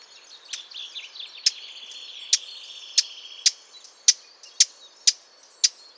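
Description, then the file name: Eurasian blackcap calls: hard, dry tacking clicks repeated every half second to one second, with soft warbling and a thin steady tone behind. "Sylvia atricapilla"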